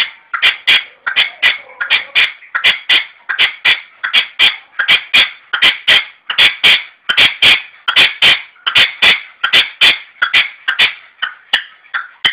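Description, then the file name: Red-legged partridge delivering a long, loud, insistent run of grating, rasping notes, keeping a steady beat from start to finish. "perdiz roja-sonido"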